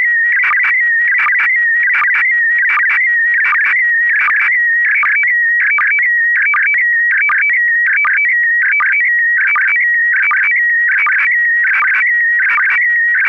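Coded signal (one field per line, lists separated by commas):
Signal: SSTV (slow-scan television)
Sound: warbling whistle near 2 kHz, jumping between steady tones, broken by rough buzzy bursts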